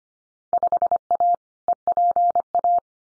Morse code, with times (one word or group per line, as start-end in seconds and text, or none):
0.5-1.4 5A
1.7-2.8 EPA